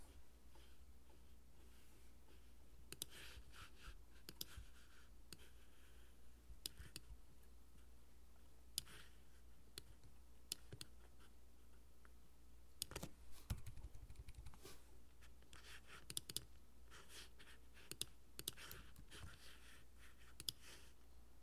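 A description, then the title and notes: Someone works on a laptop at home, typing in irregular bursts of sharp key clicks with short pauses between them. A busier flurry of taps comes around the thirteen-second mark. Beneath it runs a steady low hum. Working at home (quarantine). Sound of working on my laptop. Recorded with a Tascam DR-40.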